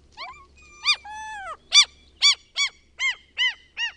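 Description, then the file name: Common gull calling in a fast series of short arched yelping notes, about two per second, with one longer level mewing note near the start. "KALALOKKI"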